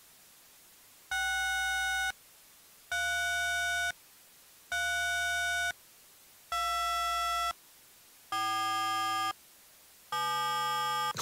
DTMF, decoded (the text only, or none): 6 3 3 2 4 7